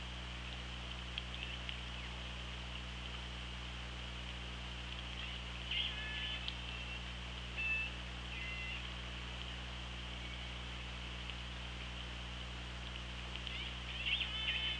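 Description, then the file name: Killer whale calls: faint tonal whistles with harmonics, short rising and level notes near six, eight and fourteen seconds, over steady underwater hiss and low hum. Recorded by the OrcaLab hydrophone on 24 August 2017 at 18:42. "Orca Lab UTLN JASON 20170824 184213"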